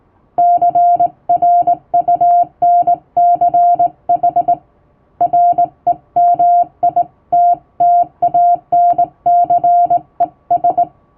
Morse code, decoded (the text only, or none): CRUNCH REMITTANCES